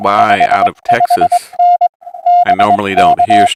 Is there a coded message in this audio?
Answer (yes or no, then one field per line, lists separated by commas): yes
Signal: Morse code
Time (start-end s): 0.2-3.5 s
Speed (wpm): 22 wpm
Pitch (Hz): 710 Hz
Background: speech, music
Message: 55N BK